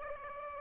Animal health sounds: mosquito wingbeat signal from an infrared sensor; Aedes aegypti

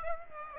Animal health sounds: mosquito wingbeat signal from an infrared sensor; Aedes aegypti

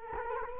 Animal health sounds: mosquito wingbeat signal from an infrared sensor; Culex quinquefasciatus

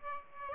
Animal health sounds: mosquito wingbeat signal from an infrared sensor; Aedes aegypti

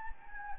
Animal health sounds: mosquito wingbeat signal from an infrared sensor; Anopheles gambiae

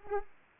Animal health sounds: mosquito wingbeat signal from an infrared sensor; Aedes aegypti

